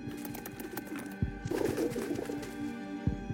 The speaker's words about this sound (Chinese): 那是什么东西？ 好像是只鸽子，长官。